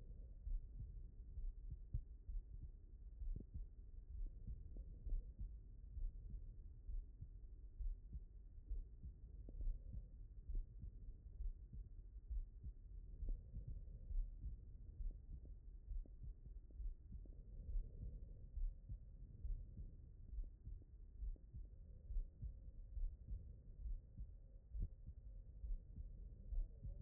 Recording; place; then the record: heart sounds by stethoscope; aortic valve (AV)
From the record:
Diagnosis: non-HFrEF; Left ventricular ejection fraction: 43%